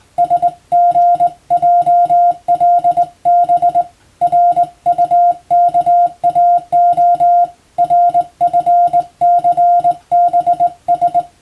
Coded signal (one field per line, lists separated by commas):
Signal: Morse code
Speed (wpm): 20 wpm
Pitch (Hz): 700 Hz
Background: music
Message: SGJLB RUKAO RFCBS